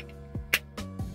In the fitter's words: bam you heard that to click